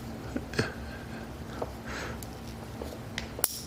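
The arrows on a second solar panel's cable connector are lined up and the connector is pushed into its adapter, part of the setup for a VTOMAN FlashSpeed 1500 power station. Soft handling knocks and faint rustles lead up to a sharp, loud click at 3.4 s as the connector seats.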